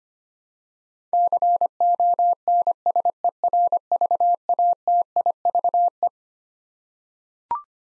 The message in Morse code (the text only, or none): CONSERVATIVE